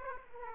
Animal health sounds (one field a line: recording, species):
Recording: mosquito wingbeat signal from an infrared sensor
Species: Aedes aegypti